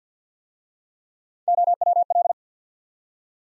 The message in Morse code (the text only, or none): OWL